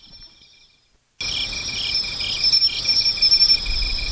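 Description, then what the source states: Kantan tree cricket song: after a quiet start, a steady pulsed trill sets in, with thinner, higher chirps in places. Rare insect called the 'queen of insects'; singing continuously nearby with a low, rolling korokoro sound.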